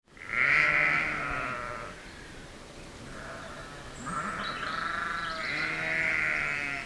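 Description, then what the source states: Sheep bleats: several long, slightly wavering bleats, the first loud, then a quieter stretch before the later calls. Sheep outdoors at feeding time.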